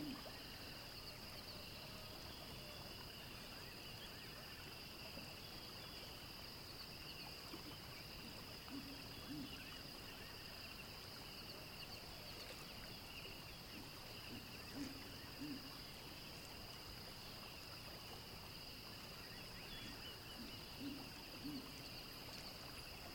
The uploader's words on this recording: Imagine yourself in a small boat, gliding along a wide river that winds through a land teeming with wild animals.